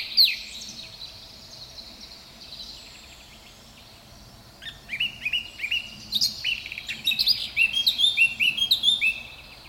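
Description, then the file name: Eurasian blackcap singing: a high, subdued scratchy warble first, then a loud burst of clear fluty, rapidly repeated whistles in the last few seconds. "Sylvia atricapilla"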